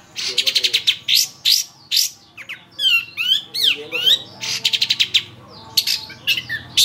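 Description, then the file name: Long-tailed shrike song: quick clusters of harsh clicking notes, then a varied stretch of twisting whistled phrases, back to rasping chatter. Training (master) recording for songbird keepers; Indonesian name cendet. "cendet-master -omkicau"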